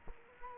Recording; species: mosquito wingbeat signal from an infrared sensor; Culex quinquefasciatus